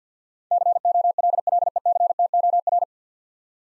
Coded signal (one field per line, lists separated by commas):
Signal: Morse code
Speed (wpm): 50 wpm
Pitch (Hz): 700 Hz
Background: none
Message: COLLECTOR